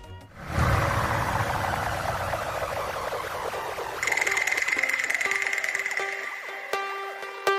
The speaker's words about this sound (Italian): C'è un nuovo jingle, ecco, pronto per la radio, prodotto dal nostro